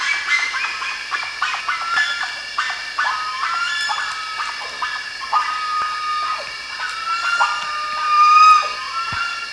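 Bird calls, many brief whistled and slurred notes in quick irregular succession, a held whistle near the end, over continuous high droning.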